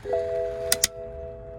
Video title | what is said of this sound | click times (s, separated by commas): PARTING OUT 135i! LOOK AT THE DIFFERENCE WITH 335i FROM INSIDE | And until you hear the click, and you'll see your car is in neutral. | 0.7 s, 0.8 s